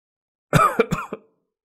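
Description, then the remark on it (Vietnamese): A person coughing up blood: a short burst of rough, wet coughing, four harsh hacks in quick succession with a throaty, strained edge, fading out after about a second with no talking. “lại ho ra máu.”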